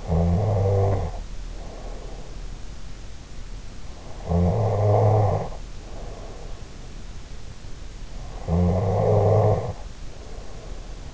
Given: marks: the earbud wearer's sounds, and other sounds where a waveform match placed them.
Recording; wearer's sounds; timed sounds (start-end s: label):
sounds in sleep by an in-ear microphone; snoring breath
0.00-2.45 s: snoring breath
4.17-6.56 s: snoring breath
8.34-11.14 s: snoring breath